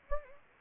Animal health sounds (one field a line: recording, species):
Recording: mosquito wingbeat signal from an infrared sensor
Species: Anopheles gambiae